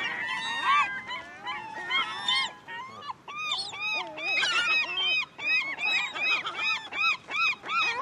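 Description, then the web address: A flock of gulls gives overlapping harsh, rising-and-falling squeals in rapid bursts. Many gulls. "seagulls many"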